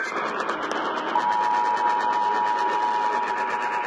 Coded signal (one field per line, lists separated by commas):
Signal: Emergency Alert System (SAME) tones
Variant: 853 and 960 Hz attention tone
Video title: EAS #178 Required Monthly Test from Richmond,Virginia